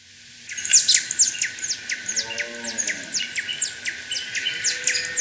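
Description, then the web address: Empress brilliant calling in a dense chatter of high, thin, downslurred notes. Recorded in Ecuador. "Birds of Ecuador. Empress Brilliant"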